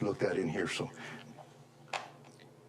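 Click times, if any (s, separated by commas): 1.9 s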